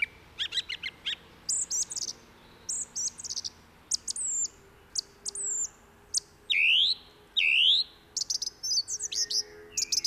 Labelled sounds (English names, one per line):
Song Thrush song